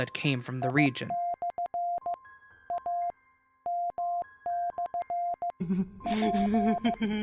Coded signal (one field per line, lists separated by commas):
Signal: Morse code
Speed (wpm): 15 wpm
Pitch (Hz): 700 Hz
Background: speech, music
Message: I/AM/P